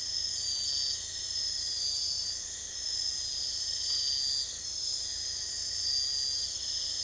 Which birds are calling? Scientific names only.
none